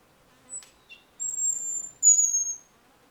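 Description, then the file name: European robin giving thin, very high drawn-out whistles, two long notes after brief faint ticks, in otherwise quiet surroundings. "Erithacus rubecula"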